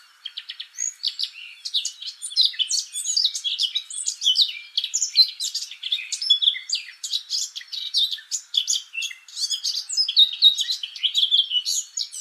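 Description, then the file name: Eurasian blackcap producing a continuous scratchy warble of fast, high chirps and trills, varying in loudness with no pause. "Sylvia atricapilla"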